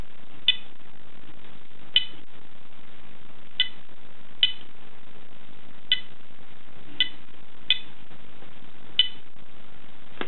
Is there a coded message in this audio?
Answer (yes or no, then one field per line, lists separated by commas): no